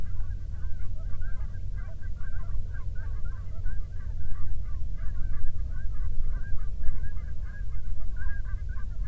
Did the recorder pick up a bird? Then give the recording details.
yes. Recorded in the Prudhoe Bay oil fields, Alaska, on 13 June 2019 at 00:08. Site 24